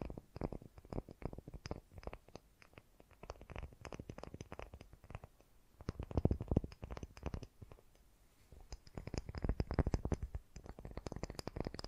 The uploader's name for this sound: Fast & Gentle Tapping